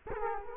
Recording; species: mosquito wingbeat signal from an infrared sensor; Culex quinquefasciatus